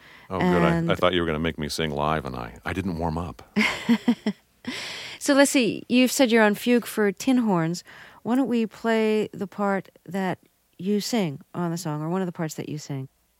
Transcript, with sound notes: Oh good. I thought you were going to make me sing live, and I didn't warm-up.
(Laughter). So let's see. You've said you're on "Fugue For Tinhorns." Why don't we play the part that you sing on the song? Or, one of the parts that you sing?